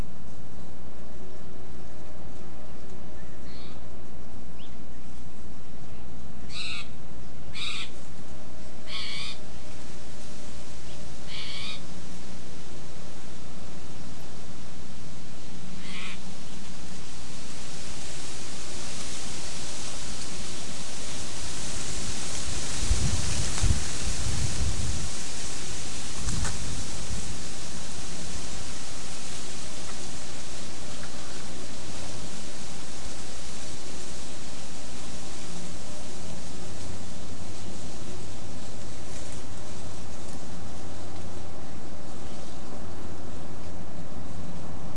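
Wind moves steadily through oak and bay leaves, swelling into a strong gust with low buffeting around the middle before easing again. Early on, a few short, crisp scratches in dry leaf litter come in quick bunches, with fainter rustles later.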